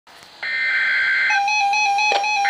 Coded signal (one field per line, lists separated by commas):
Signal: Emergency Alert System (SAME) tones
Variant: header bursts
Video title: ANOTHER TORNADO WARNING (EAS Alert #702)